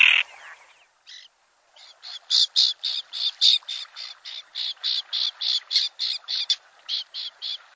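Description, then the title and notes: Common tern: a harsh rasping call, then a rapid series of clipped, buzzy notes. Common tern at Nickerson Beach, Nassau County, New York. "Laura Meyers Photograpy. Common Tern Pair. at Nickerson Beach in Nassau County, New York"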